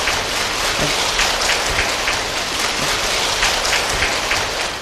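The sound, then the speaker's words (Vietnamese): Loud, sustained audience applause welcoming Buddhist actor Tuấn Phương on the programme Hoa Mặt Trời, a dense crackling roar of many clapping hands that holds steady for the whole stretch with no voices over it. “A Di Đà Phật, xin quý vị cho một tràng pháo tay thật lớn để chào đón diễn viên Phật tử Tuấn Phương.”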